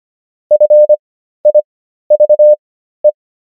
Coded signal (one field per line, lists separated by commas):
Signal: Morse code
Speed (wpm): 25 wpm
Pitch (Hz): 600 Hz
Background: none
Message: FIVE